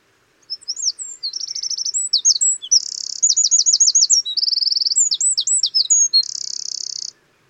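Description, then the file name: Eurasian wren pouring out a loud, high, rapid song of crisp notes and fast rattling trills, ending with a dry buzzy trill. "troglodyte mignon"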